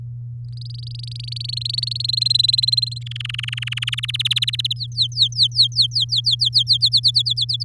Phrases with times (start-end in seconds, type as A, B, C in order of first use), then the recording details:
0.53-2.06 A, 2.08-3.03 B, 3.06-3.95 C, 3.97-4.73 D, 4.76-6.77 E, 6.81-7.63 F. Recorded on 7 May 2018 at 14:21. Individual llb16